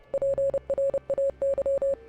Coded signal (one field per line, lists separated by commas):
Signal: Morse code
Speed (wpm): 29 wpm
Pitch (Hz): 550 Hz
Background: none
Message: PRAY